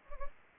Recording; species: mosquito wingbeat signal from an infrared sensor; Anopheles gambiae